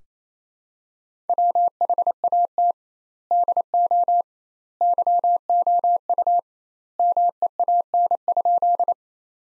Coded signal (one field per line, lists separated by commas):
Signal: Morse code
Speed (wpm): 28 wpm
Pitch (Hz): 700 Hz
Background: none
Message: WHAT DO YOU MEAN?